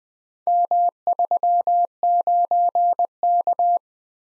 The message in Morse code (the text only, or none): M39K